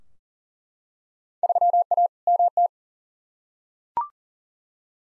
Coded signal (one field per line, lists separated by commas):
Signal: Morse code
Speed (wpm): 40 wpm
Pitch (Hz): 700 Hz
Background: none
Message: 3A MT